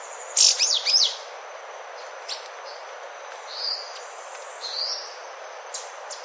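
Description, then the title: Yellow-green grosbeak song: a loud opening cluster of high, swooping chirps, then quieter drawn-out notes and occasional thin high calls. "LuckyPassaro Completos2Sama. Yellow-green Grosbeak (Caryothraustes canadensis)"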